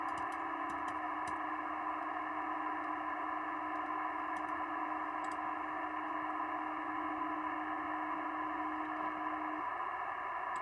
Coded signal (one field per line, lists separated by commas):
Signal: PSK31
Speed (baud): 31.25 baud